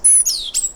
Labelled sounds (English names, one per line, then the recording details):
Stitchbird song
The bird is a male
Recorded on Tiritiri Matangi Island, New Zealand, in 2005
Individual 1, of nest box 1